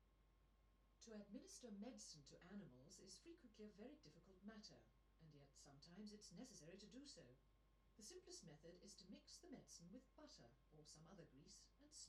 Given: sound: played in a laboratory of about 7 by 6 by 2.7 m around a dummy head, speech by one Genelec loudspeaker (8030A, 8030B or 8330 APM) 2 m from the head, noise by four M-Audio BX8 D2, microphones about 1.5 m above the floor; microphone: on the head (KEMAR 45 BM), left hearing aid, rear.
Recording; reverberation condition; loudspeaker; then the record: female speech in English; low; 30 degrees to the right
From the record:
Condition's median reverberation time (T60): about 310 ms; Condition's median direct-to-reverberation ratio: about 3.5 dB